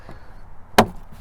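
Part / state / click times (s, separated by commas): interior door handle trim clip into car door panel / seated / 0.8 s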